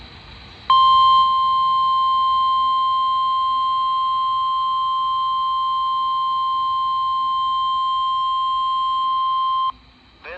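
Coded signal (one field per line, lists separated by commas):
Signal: Emergency Alert System (SAME) tones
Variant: 1050 Hz attention tone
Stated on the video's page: Required Weekly Test from a NOAA weather radio transmitter.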